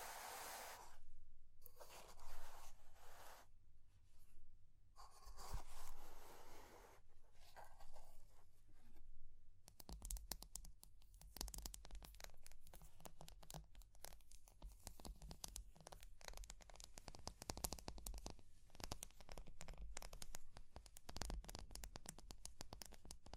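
Fire crackling with scratching and rustling. The first ten seconds bring bursts of rough scratching that start and stop, then dense, rapid crackles and snaps take over, steady and busy to the end, with a low rumble underneath.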